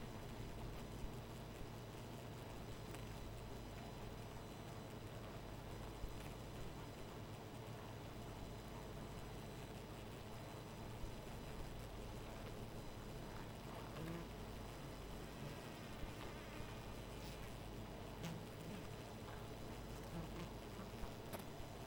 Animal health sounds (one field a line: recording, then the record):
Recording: honeybee colony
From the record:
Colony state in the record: missing queen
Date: 14 July 2017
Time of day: 0:13